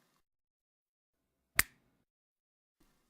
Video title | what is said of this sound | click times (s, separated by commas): Venipuncture Butterfly Method | slide the wing back into the rear slot of the safety shield until you hear an audible click indicating the shield has locked into place | 1.6 s